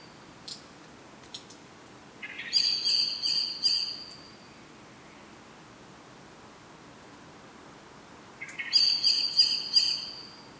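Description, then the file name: Common blackbird calls: two phrases about six seconds apart, each a short lower buzz leading into a thin, high, trilled whistle lasting over a second; a few faint ticks before. "Turdus merula"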